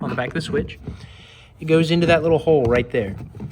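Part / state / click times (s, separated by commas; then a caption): window switch panel into car door trim panel / not seated / none. Someone talks while handling the plastic window switch panel of a 2006-2011 Honda Civic, guiding the tab on the back of the switch into a small hole in the car door trim panel. Nothing has seated or clicked yet; the panel is not home by the end of the clip.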